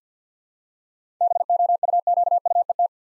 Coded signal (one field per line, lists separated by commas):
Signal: Morse code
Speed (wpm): 50 wpm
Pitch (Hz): 700 Hz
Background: none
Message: BOUQUET